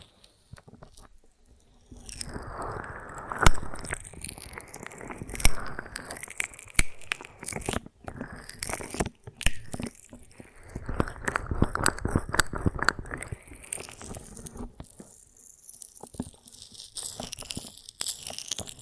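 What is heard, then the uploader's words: Crunchy bites and chewing on honeycomb on a branch, with sharp cracking snaps scattered throughout and sticky, wet tearing between them. Quiet for the first two seconds, then dense bursts of chewing come and go, easing off briefly around fifteen seconds before resuming. ASMR of a Honeycomb on Branch (No Talking).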